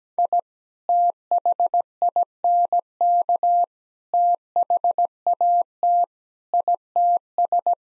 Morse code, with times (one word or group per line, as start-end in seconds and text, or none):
0.2-0.4 I
0.9-3.6 THINK
4.1-6.0 THAT
6.5-7.7 ITS